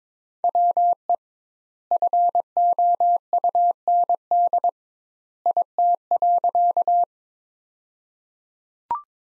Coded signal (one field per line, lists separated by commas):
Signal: Morse code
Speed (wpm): 22 wpm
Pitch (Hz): 700 Hz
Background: none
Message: WE FOUND IT.